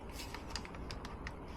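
A replacement plastic armrest top pad for a SecretLab office chair is handled and pressed down onto the armrest, front slot first. Light, scattered tapping and rustling ticks of plastic handling come over a steady low background. Nothing has seated or clicked into place yet.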